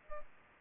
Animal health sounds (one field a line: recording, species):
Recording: mosquito wingbeat signal from an infrared sensor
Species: Aedes albopictus